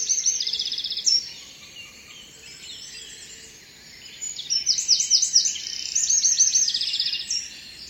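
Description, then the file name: Eurasian wren song, loud high rattling trills in two bursts, one at the start and a longer, rapidly repeated sequence later, with quieter passages between. "Troglodytes troglodytes"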